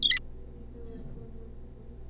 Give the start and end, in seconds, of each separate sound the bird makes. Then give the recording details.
0.01-0.19. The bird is a juvenile. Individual R3549